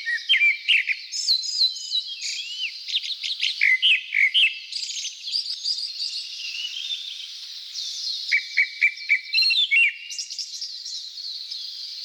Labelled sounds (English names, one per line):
Grey-backed Thrush song